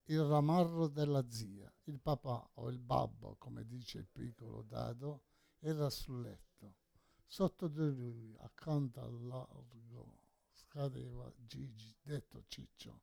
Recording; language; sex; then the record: read passage; Italian; male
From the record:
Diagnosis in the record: Parkinson's disease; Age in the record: 68 years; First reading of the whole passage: 84 s, 6.2 characters per second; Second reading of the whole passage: 63 s, 8.2 characters per second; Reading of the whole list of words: 57 s, 5.0 characters per second